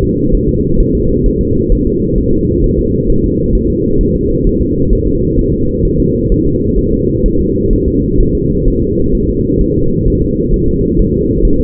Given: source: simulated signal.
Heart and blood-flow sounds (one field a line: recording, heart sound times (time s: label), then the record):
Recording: fetal heart sounds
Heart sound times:
0.04 s: S2
0.35 s: S1
0.49 s: S2
0.80 s: S1
0.95 s: S2
1.26 s: S1
1.41 s: S2
1.72 s: S1
1.87 s: S2
2.18 s: S1
2.33 s: S2
2.64 s: S1
2.79 s: S2
3.10 s: S1
3.24 s: S2
3.55 s: S1
3.70 s: S2
4.01 s: S1
4.16 s: S2
4.47 s: S1
4.61 s: S2
4.93 s: S1
5.07 s: S2
5.39 s: S1
5.54 s: S2
5.85 s: S1
6.00 s: S2
6.32 s: S1
6.47 s: S2
6.79 s: S1
6.93 s: S2
7.26 s: S1
7.41 s: S2
7.73 s: S1
7.88 s: S2
8.20 s: S1
8.35 s: S2
8.68 s: S1
8.82 s: S2
9.15 s: S1
9.29 s: S2
9.61 s: S1
9.76 s: S2
10.08 s: S1
10.22 s: S2
10.54 s: S1
10.68 s: S2
10.99 s: S1
11.14 s: S2
11.45 s: S1
11.60 s: S2
From the record:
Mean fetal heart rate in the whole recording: 130 bpm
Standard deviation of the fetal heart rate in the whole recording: 4 bpm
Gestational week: 38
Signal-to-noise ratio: -15.3 dB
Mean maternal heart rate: 72 bpm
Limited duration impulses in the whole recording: present